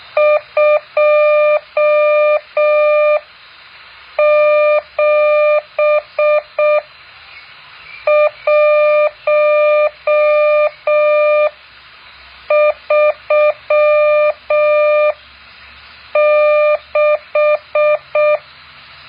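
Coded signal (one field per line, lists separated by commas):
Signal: Morse code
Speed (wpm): 6 wpm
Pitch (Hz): 600 Hz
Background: none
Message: 27136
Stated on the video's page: Morse code practice exercise 8.4.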